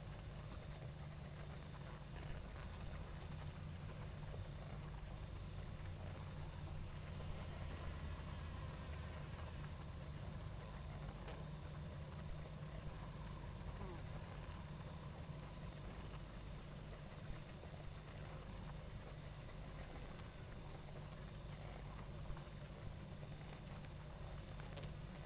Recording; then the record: honeybee colony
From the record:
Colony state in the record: active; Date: 28 July 2017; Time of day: 20:10